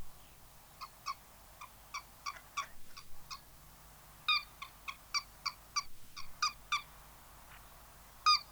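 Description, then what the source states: Lesser White-fronted Goose calls: a series of high, squeaky yelps, louder in the second half, ending with one loud shrill note. Field recording, released 1984 on a Swedish cassette of mountain and coastal birds.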